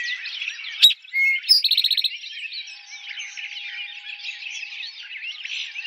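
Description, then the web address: Eastern towhee song: a sharp high note, a brief whistle, then a quick trill, with busy chatter of other birds before and after. Recorded in 2007. "Eastern Towhee 2007 01 04 Eastern Towhee"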